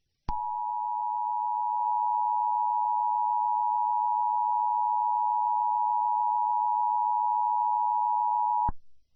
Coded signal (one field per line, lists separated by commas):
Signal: Emergency Alert System (SAME) tones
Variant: 853 and 960 Hz attention tone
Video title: The Backrooms EAS (fanmade)